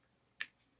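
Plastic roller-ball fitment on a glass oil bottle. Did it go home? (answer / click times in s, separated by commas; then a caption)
released / 0.4 s. A plastic roller-ball fitment is pried off a glass oil bottle and pops free with a single sharp snap at 0.4 s, followed by a faint softer tick. The fitment comes off easily and no longer clicks into place because it has been removed so many times.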